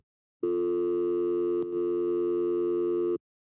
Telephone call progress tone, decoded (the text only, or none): dial tone